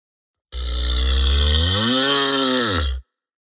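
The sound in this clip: Cow giving one long, deep moo lasting about two and a half seconds, steady at first, then rising slightly in pitch before falling away.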